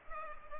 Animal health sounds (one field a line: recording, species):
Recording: mosquito wingbeat signal from an infrared sensor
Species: Culex pipiens